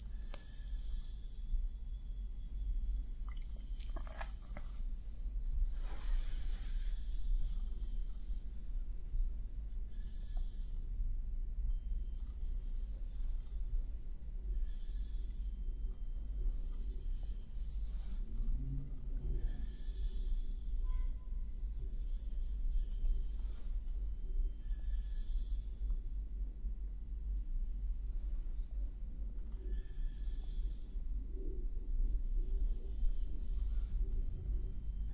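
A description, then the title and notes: Soft brushing and stroking against a face, heard as repeated airy swishes that come every few seconds, some quick and some drawn out. Beneath them sits a steady low rumble and hiss. Faint muffled thumps and small shifts of movement turn up now and then. ASMR POV Friend Gives You Personal Attention for Sleep ~ face brushing, stroking & massage.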